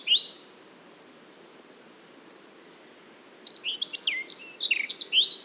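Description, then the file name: Eurasian blackcap giving one short note, then after a pause a lively phrase of clear, slurred whistles that rise and fall quickly. "Sylvia atricapilla"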